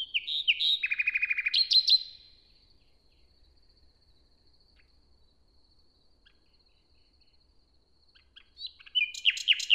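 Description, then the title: Common nightingale song: whistled notes and a fast rattling trill of repeated notes, a long pause, then another loud varied phrase near the end. Inside a forest near Hoscheid, Luxembourg, early on a summer morning after a wet night as the sun rises; the nightingale performs a kind of morning song. "hoscheid, forest, nightingale. Hoscheid - Waldmorgen"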